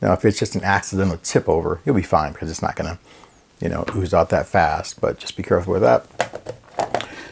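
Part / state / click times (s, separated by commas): outer lid latching onto an electric lunchbox base / seated / 6.9 s, 7.0 s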